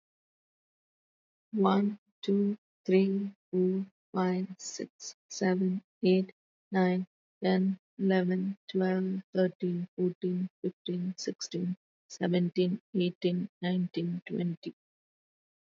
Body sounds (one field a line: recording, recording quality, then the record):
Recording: counting at a normal pace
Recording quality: excellent, no background noise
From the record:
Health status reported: healthy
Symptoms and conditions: none ticked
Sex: female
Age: 50 years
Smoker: not ticked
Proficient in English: yes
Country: India